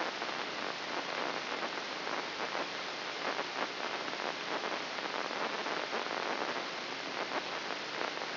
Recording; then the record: brain microelectrode recording played as sound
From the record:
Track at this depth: outside the subthalamic nucleus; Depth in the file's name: 7.504 mm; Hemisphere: left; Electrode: 3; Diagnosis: Parkinson's disease